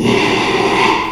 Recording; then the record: squeal of a Yucatan mini pig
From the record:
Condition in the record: after surgery on the right vocal fold (resection and tissue-engineered implant); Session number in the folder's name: 1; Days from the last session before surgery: 6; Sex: male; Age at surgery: 12 weeks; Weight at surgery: 13 kg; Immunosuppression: cyclosporine, prednisolone